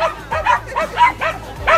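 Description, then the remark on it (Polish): A small adopted mixed-breed dog, Bobiś, probably a mix of Maltese, poodle and something else, barks repeatedly at the 2024 adoption dog walk in Warsaw, in short, high-pitched yaps, about six in under two seconds, in a quick, fairly steady rhythm with faint background noise. “Jest Bobiś, czyli chyba mieszanka, maltańczyk, pudelek i coś tam jeszcze, ale jest...”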